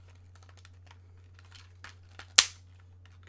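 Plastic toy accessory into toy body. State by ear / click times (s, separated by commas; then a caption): seated / 2.4 s. A plastic toy accessory is attached to a plastic toy body, with faint handling rattles and small taps before one very loud, sharp click at 2.4 s. The accessory clicks and seats into place.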